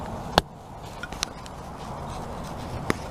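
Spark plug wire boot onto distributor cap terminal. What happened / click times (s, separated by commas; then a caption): The rubber boot clunked onto the terminal / 0.4 s, 1.2 s. A rubber spark plug wire boot is pushed onto a terminal of the new distributor cap on a 1996 Chevy Tahoe to compare its sound with the old cap. Sharp clunks are heard at 0.4 s and 1.2 s over a steady background hiss, followed by a few fainter knocks. The boot seats with a solid clunk that sounds about the same as on the old cap.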